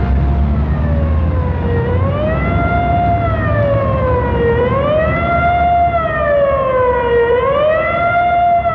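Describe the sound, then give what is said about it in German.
A smog alarm siren wails continuously, its tone slowly rising and falling in long sweeps, loud and steady over a low, constant rumble. “Ich wiederhole, es herrscht Smog-Alarm.”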